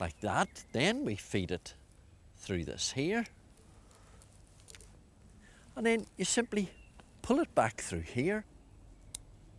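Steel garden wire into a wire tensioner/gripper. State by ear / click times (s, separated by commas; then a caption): seated / 9.2 s. Steel garden support wire is fed through a wire tensioner/gripper and pulled back through, its internal one-way grip clicking as the wire goes in. Someone talks between soft handling ticks around 4.0–4.8 s, and a sharp click at 9.2 s marks the wire seated in the gripper.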